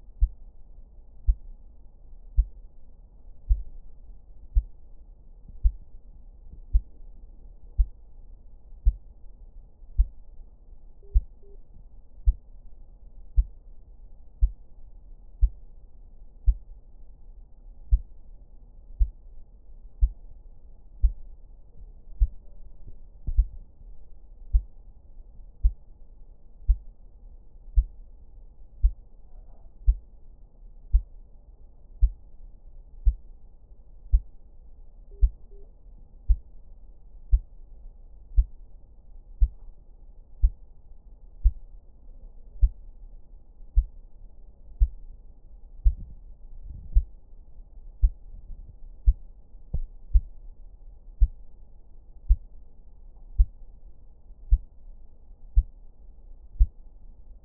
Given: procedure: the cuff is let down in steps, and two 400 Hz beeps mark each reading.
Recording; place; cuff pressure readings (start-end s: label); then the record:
Korotkoff sounds by stethoscope; brachial artery, at the lower edge of an arm cuff
11.03-11.55 s: 90 mmHg
35.11-35.64 s: 85 mmHg
From the record:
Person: healthy adult, 24 to 32 years, lying on the back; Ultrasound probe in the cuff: distal